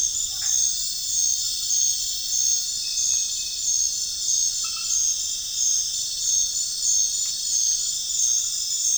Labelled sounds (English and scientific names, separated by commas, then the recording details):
none
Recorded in pastures near Puerto Asís, Putumayo, Colombia, on 25 June 2025 at 20:30
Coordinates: 0.466, -76.322
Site GP07